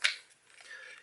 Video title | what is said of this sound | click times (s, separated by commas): MIC Kydex Trigger Guard Holster "Razors Edge" | it's uh it's kind of you know kind of tight on there you can hear it snap on it | 0.0 s